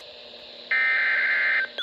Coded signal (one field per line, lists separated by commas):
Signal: Emergency Alert System (SAME) tones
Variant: header bursts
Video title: EAS Alerts From 7/11/26: A Compilation (EAS 1305-1315)